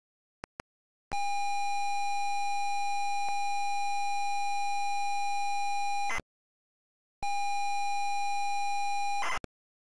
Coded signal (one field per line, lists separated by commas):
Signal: ZX Spectrum tape loading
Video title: ZX SPECTRUM Loading Fighter Pilot 1983 Digital Integration Ltd.